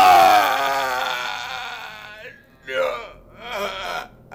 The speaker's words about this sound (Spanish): Mientras le daba la tecla del piso 12, oyó un grito desgarrador que le heló la sangre.